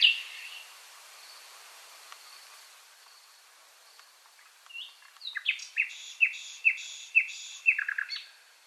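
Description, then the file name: Common nightingale phrase after a quiet start: soft notes build into a loud series of repeated sharp whistled notes, about two per second, ending in a fast trill. "Luscinia megarhynchos"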